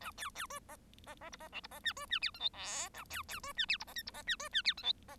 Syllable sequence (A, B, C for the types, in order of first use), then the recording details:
A B B C D D D E D F E D G C G H I J K A B B C G H E D L E D G C G H I J D. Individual Bird1